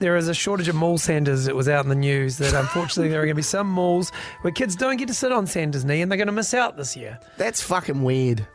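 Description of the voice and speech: An adult man talks fluently and casually at an easy pace with a steady, clear voice: typical adult speech.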